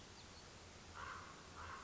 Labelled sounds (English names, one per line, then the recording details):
Common Raven
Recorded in Sonoma County, California